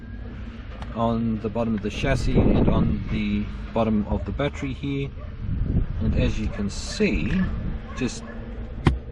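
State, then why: Seated. Someone talks while an RC car battery pack fitted with 3M Dual Lock reclosable fastener strips is pressed onto the matching strips on the bottom of the chassis. At 8.9 s a single sharp click is heard as the battery snaps into place and is seated.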